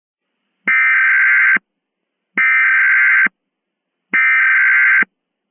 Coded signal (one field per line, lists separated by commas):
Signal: Emergency Alert System (SAME) tones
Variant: header bursts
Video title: Creepy EAS Mock: Faceless Jim